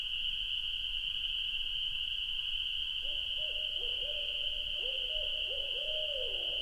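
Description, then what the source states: Owl hooting: after a quiet start, a quick run of several mid-pitched hoots in the second half, over a constant high-pitched insect drone. Recorded at night by a lake in Wisconsin in 2019.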